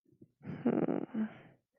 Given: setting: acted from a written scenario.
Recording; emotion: vocal sound without words; pride